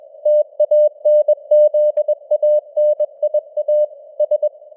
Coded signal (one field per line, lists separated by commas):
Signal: Morse code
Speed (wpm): 21 wpm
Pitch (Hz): 600 Hz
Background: none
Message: TANZANIA S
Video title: Morse Code News | 2025-11-04 | 21wpm